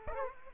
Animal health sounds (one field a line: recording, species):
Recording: mosquito wingbeat signal from an infrared sensor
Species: Aedes aegypti